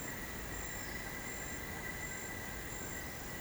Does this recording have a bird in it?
no